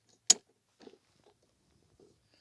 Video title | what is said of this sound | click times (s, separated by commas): SUPER Strong Easy to Use Tire Table Review! And Light and Strong Foldable Plastic Table! | So these just come up, they snap into place. | 0.3 s